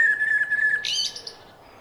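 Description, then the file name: Eurasian blackbird song: a steady, even whistled note, then a sudden burst of high, scratchy twittering that trails away into quiet. "Turdus merula"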